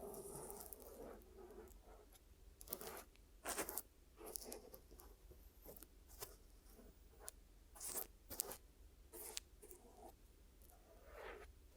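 Glue ear massage and cleaning: scratchy rubbing and brushing bursts come every second or so, strongest near four and eight seconds, over a low steady hum.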